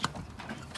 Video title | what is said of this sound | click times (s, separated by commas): Changing Spark Plugs and Coil Packs on a Volkswagen Eos | make sure it clicks then you clip | 0.0 s